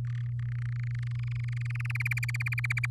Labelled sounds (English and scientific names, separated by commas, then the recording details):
Domestic Canary (Serinus canaria) song
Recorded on 8 May 2018 at 05:49
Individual llb16